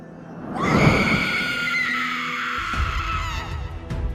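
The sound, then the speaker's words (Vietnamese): A long, piercing shriek rises suddenly from a spot off to the right in the dark of night and holds a high, wavering pitch for several seconds, harsh and eerie, over a low rumbling background, with no one speaking. “Bỗng một âm thanh thét lên kinh dị, nhưng không phải từ quán linh trước mặt, mà nó từ một vị trí khác ở phía bên phải.”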